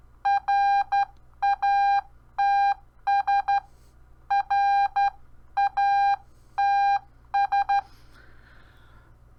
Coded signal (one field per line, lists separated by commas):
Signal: Morse code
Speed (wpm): 12 wpm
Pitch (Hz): 800 Hz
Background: none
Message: RATS RATS